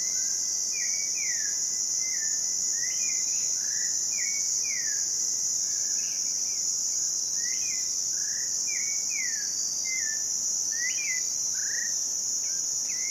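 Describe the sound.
A continuous shrill cricket trill holds steady, with birds chirping in short slurred notes repeated beneath it.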